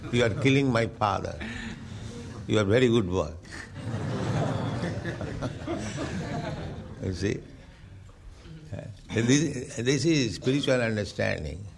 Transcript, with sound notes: You are killing my father. You are very good boy." [laughter] You see. This is, this is spiritual understanding.